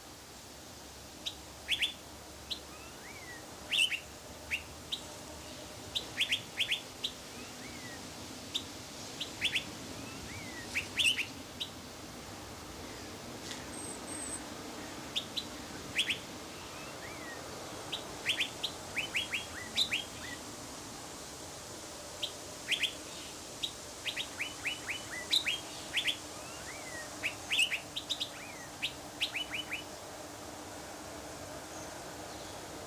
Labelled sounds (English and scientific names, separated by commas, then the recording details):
Metallic Starling (Aplonis metallica) song
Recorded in captivity
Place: Zoo Berlin, Berlin, DE
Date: 2003-09-24 15:20
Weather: fair, 16°C
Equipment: Fair Mate ST-1328 (Asahi Electronics, Japan), Sennheiser ME 80, Kopie Uher 4000 Report Monitor
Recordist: Tembrock, Günter